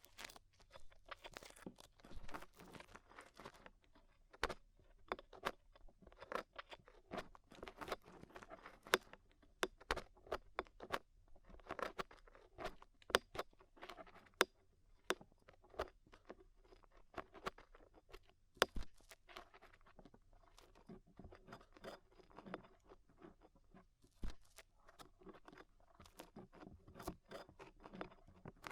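Ear cleaning sounds with rhinestone and clay removal: dense, irregular crackles, taps and soft scrapes over a low hum, with sharper clicks throughout.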